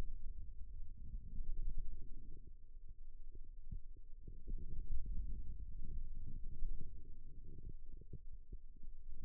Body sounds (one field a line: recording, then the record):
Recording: forearm muscle sounds (acoustic myography)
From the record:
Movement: radial deviation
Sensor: system 2, bracelet of six BSWA MPA416 microphones around the upper forearm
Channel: 3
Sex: male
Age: 22 years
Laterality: right